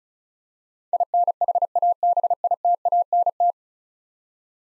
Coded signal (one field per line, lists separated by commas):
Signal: Morse code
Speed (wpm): 36 wpm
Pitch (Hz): 700 Hz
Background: none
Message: INHABITANT